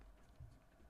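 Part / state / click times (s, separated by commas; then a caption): small plastic piece into screen protector installation guide / not seated / none. A small plastic piece is handled and positioned upside down over the installation guide of a Whitestone Dome Glass screen protector kit for a Pixel 7 Pro. Faint handling rustle runs throughout, with a brief soft low bump near 0.4 s. Nothing has clicked or seated yet.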